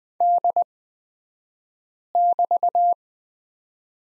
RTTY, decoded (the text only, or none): none